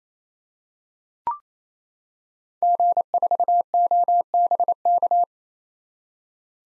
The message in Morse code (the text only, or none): G4OBK